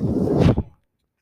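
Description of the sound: A brief low whooshing rush of air that fades out within a second: a mechanical ventilator cycling.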